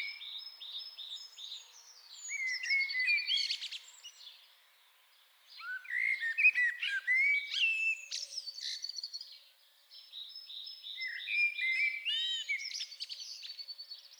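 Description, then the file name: Common blackbird singing in three long bursts of fluty mid-pitched notes mixed with thin high twitters, separated by short pauses. "Turdus merula"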